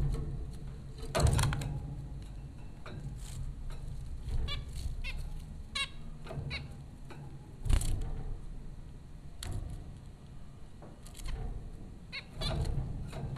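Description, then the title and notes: Zebra finch calls, short nasal beeps scattered irregularly among clicks and rustles over a steady low hum. Zebra finches recorded by Dan Bodah at Popcorn School, Flatbush, Brooklyn, New York, in April 2009. "Dronecast: The Popcorn Finches Four from Apr 15, 2009. Zebra finches recorded by Dan Bodah at Popcorn School, Flatbush, Brooklyn NY in April 2009"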